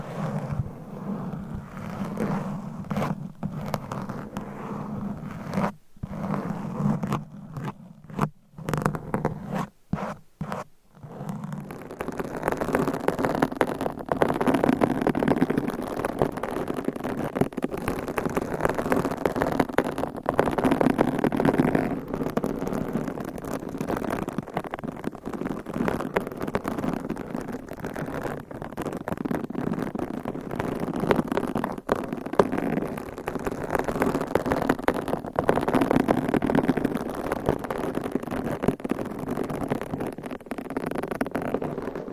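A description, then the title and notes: Scratching and tapping on a surface, starting softly and broken by brief silences in the first ten seconds. After about eleven seconds it settles into a dense, steady rubbing texture with a low hum underneath, continuing evenly to the end. ASMR with CLAWS Changing Triggers Every 60 Seconds Scratching , Tapping , Massage etc No Talking.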